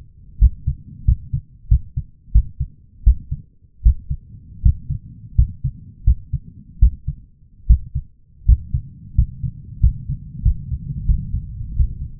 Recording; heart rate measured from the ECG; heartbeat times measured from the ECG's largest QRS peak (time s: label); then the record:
heart sounds by stethoscope; 84 bpm
0.39 s: heartbeat
1.05 s: heartbeat
1.68 s: heartbeat
2.32 s: heartbeat
3.04 s: heartbeat
3.83 s: heartbeat
4.62 s: heartbeat
5.35 s: heartbeat
6.04 s: heartbeat
6.79 s: heartbeat
7.67 s: heartbeat
8.45 s: heartbeat
9.15 s: heartbeat
9.80 s: heartbeat
10.42 s: heartbeat
11.05 s: heartbeat
11.75 s: heartbeat
From the record:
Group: healthy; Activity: rest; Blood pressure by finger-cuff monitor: 160/102 mmHg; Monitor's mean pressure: 118 mmHg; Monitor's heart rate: 85 bpm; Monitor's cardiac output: 7.3 L/min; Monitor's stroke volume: 89 mL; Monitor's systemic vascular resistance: 1190 dyn s/cm5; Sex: male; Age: 23 years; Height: 179 cm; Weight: 87 kg